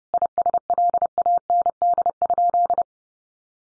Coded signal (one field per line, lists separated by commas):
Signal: Morse code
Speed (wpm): 30 wpm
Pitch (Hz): 700 Hz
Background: none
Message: ISLAND?